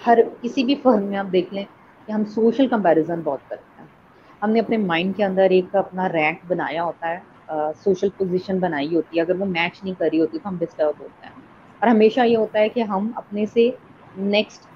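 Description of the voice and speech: An adult woman, a clinical psychologist specializing in stammering and related mental health issues, speaks Hindi mixed with English fluently, with clear, steady voicing and natural pauses between phrases.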